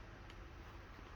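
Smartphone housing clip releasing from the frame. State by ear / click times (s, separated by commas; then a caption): released / 0.3 s. A housing clip on a Samsung Galaxy A12 releases from the frame as the opposite side of the housing is worked off during a screen repair. A single short click is heard at 0.3 s over steady low background noise, and the clip comes free.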